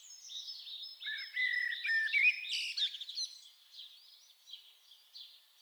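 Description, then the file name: Common blackbird, smooth low whistled phrase building into loud squeaky high notes, then trailing off into soft thin twittering. "Turdus merula"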